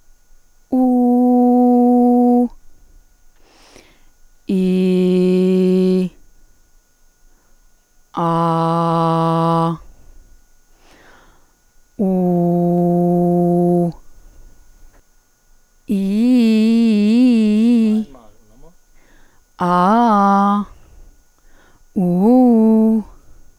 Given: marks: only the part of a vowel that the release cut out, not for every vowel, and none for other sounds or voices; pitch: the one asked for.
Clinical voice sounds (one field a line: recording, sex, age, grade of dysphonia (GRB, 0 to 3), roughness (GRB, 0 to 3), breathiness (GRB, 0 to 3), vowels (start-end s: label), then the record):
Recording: sustained vowels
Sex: female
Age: 30 to 39 years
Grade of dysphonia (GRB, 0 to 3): 1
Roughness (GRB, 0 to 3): 1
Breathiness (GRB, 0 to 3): 0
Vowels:
0.88-2.31 s: vowel /u/, high pitch
4.62-5.94 s: vowel /i/, low pitch
8.32-9.61 s: vowel /a/, low pitch
12.18-13.69 s: vowel /u/, low pitch
16.01-16.98 s: vowel /i/, low-high-low pitch
19.69-20.55 s: vowel /a/, low-high-low pitch
22.04-22.92 s: vowel /u/, low-high-low pitch
From the record:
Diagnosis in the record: dysphonia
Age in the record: 36 years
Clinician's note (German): Ponogen, multifaktoriell